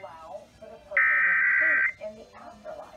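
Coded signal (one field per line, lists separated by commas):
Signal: Emergency Alert System (SAME) tones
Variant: header bursts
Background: speech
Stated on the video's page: Required Weekly Tests broadcast by two radio stations.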